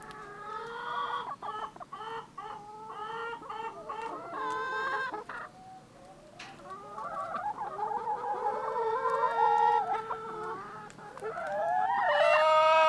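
Chicken clucking in short repeated notes, building into longer wavering squawks, growing louder toward the end.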